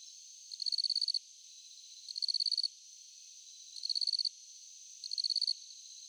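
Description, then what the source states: Shrill cricket chirps, four pulsed bursts each about half a second long, set against an unbroken high-pitched background trill. Crickets at night.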